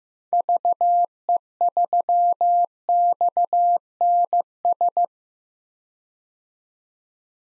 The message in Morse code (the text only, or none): VE3XNS